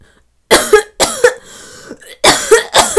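About four short, sharp coughs come in two pairs, each clipped and dry with no rattle or phlegm. This is an adult woman's imitation of a lingering dry cough left after COVID-19, a non-productive cough that comes on suddenly.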